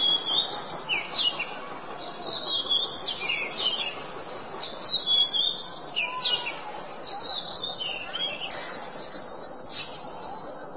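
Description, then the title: Oriental magpie-robin song: a busy run of whistles, slurs and grating buzzy notes, ending in a harsh rasp, with low background hiss throughout. "Kacer"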